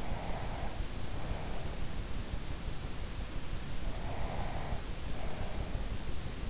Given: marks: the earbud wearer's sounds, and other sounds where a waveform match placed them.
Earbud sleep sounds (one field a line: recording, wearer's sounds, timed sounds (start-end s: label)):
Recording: sounds in sleep by an in-ear microphone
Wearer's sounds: breath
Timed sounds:
0.00-2.05 s: breath
3.86-6.13 s: breath